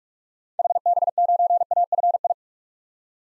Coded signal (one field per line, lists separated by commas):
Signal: Morse code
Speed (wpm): 46 wpm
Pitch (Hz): 700 Hz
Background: none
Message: HB9AFI